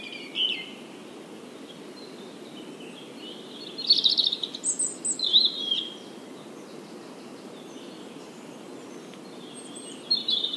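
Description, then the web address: European robin song: a brief high note early, then a two-second thin, varied phrase midway, and another short phrase at the end, with steady hiss throughout. "SETE Erithacus rubecula"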